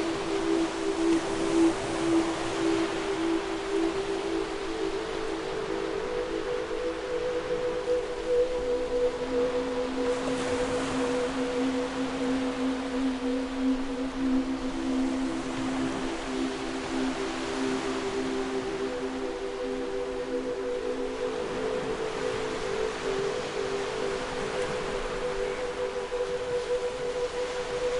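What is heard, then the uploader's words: Soft, relaxing music of long held tones sits in the low middle, the notes shifting slowly around 8, 16 and 19 seconds. Beneath it, ocean waves make a steady hiss that swells gently every few seconds. The level stays even throughout. Relaxing music and ocean waves.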